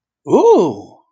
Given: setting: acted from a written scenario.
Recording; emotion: vocal sound without words; interest